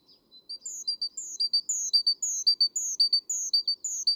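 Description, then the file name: Great tit call: a fast, steady series of high notes, pairs of short clipped chips alternating with a longer, higher descending note, repeated throughout. "Parus major"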